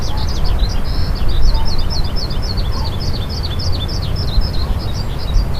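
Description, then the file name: Eurasian skylark song, a rapid unbroken stream of high chirps and trills, over a constant low rumble. "hibari"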